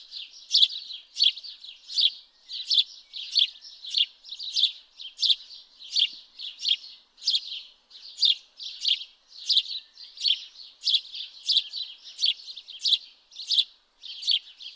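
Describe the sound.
House sparrow calling with regular, harsh cheep notes, about one and a half per second, in a long unbroken sequence.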